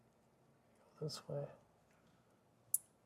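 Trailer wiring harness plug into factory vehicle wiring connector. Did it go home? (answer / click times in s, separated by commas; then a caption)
yes / 2.7 s. Someone talks briefly as a Curt T-Connector trailer wiring harness plug is pushed into the factory wiring connector of a 2025 Buick Envista. At 2.7 s it latches into place with one sharp, bright click, and the connector is seated before the locking tab is closed.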